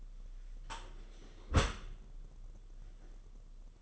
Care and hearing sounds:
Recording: daily activity, microphone in the room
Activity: close dishwasher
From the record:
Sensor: 4

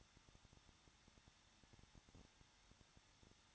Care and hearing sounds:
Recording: daily activity, microphone in the room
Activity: no activity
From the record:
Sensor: 3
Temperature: 21.2 degrees Celsius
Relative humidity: 36.4%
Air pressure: 1006.3 hPa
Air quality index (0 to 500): 223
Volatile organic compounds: 43 ppm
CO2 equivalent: 3200 ppm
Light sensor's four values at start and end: 2/3/2/2 and 2/3/2/2

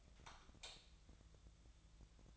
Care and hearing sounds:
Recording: daily activity, microphone in the room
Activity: light off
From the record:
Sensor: 3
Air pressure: 1000.0 hPa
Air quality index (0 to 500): 123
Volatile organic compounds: 2 ppm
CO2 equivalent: 1105 ppm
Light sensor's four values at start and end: 49/125/53/58 and 46/116/50/55

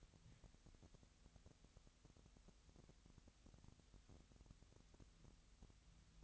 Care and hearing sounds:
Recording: daily activity, microphone in the room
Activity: wipe stove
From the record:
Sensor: 3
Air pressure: 1001.6 hPa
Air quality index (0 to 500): 222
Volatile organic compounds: 30 ppm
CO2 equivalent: 2948 ppm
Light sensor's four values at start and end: 11/34/14/12 and 11/34/14/12

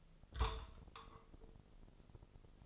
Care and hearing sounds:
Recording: daily activity, microphone in the room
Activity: take from stove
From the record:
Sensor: 5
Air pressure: 995.5 hPa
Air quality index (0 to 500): 99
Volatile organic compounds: 6 ppm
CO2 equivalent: 1884 ppm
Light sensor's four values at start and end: 31/76/31/31 and 32/76/31/32

